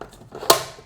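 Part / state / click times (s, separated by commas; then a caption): toy blaster turret sliding onto tank base / seated / 0.5 s. A Nerf Elite Terrascout toy blaster top is slid onto its plastic tank base until it locks. A faint tap near the start and a soft sliding rub give way to a sharp, bright click at 0.5 s. The blaster part is seated on the base.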